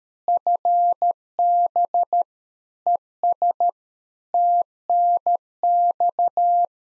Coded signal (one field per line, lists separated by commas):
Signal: Morse code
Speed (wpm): 13 wpm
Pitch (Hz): 700 Hz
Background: none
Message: FB ES TNX